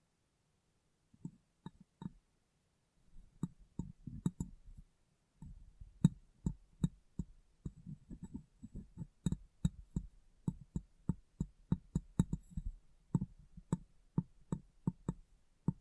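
Light taps on a glass brain, sparse at first and then coming in a quick, fairly regular run of sharp clicks from about six seconds on. Each tap is short and bright, with soft rubbing and low handling noise between them.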